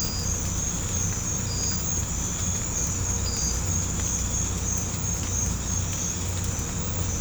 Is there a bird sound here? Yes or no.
no